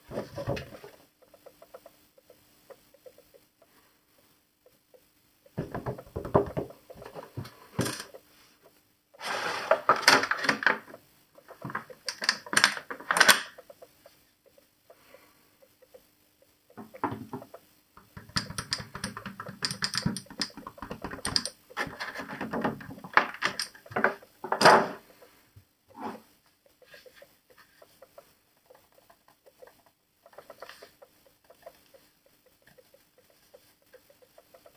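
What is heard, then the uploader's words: Quiet tapping and clicking on a game controller, coming in bursts of rapid, dense taps separated by near-silent pauses. The busiest stretches fall around 6–8, 9–14 and 18–25 seconds, with sharper single clicks scattered throughout. ASMR Unboxing PS4-Controller | ASMR Controller Sounds and Tapping.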